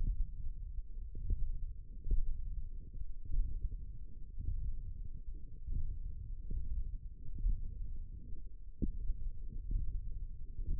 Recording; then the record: forearm muscle sounds (acoustic myography)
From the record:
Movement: index flexion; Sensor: system 1, eight BSWA MPA416 microphones around the upper forearm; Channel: 3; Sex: female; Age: 22 years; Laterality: right